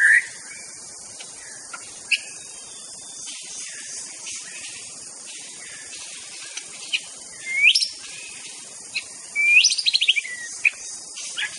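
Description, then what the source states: White-rumped shama song: scattered whistled notes and sharp rising sweeps, with a brief burst of rapid chattered notes near the end, over a steady high insect hiss. Wild bird singing in forest.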